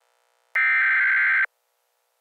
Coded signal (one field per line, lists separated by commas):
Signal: Emergency Alert System (SAME) tones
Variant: header bursts